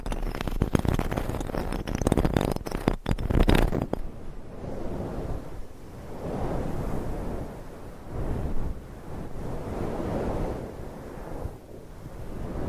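Rough scratching against a microphone, dense and loud for the first four seconds with sharp bursts near one and three seconds. It then turns softer and lower, a rhythmic rubbing that swells and fades in slow waves until the end.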